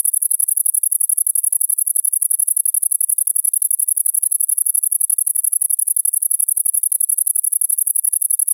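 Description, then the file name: Great green bush-cricket giving an unbroken, very high-pitched, fast ticking buzz that stays steady throughout. "Tettigonia viridissima"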